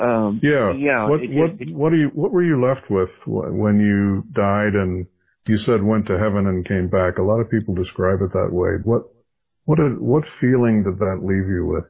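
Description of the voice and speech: A man speaks fluently with a steady, ordinary low-pitched voice, asking a conversational question with brief natural pauses.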